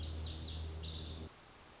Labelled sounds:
Lazuli Bunting (Passerina amoena)
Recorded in Sonoma County, California

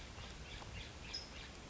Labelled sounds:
California Towhee (Melozone crissalis)
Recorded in Sonoma County, California

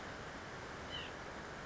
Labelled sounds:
White-breasted Nuthatch (Sitta carolinensis)
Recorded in Sonoma County, California

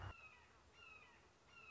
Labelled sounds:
Red-shouldered Hawk (Buteo lineatus)
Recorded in Sonoma County, California

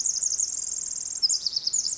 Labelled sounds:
Pacific Wren (Troglodytes pacificus)
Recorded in Sonoma County, California

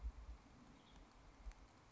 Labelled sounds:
Western Tanager (Piranga ludoviciana)
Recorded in Sonoma County, California

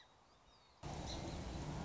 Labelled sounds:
Song Sparrow (Melospiza melodia)
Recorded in Sonoma County, California

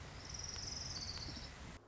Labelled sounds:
Orange-crowned Warbler (Leiothlypis celata)
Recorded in Sonoma County, California

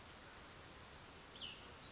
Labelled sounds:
Cassin's Vireo (Vireo cassinii)
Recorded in Sonoma County, California

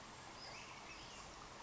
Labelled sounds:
Western Flycatcher (Empidonax difficilis)
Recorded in Sonoma County, California

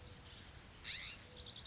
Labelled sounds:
California Scrub-Jay (Aphelocoma californica)
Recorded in Sonoma County, California

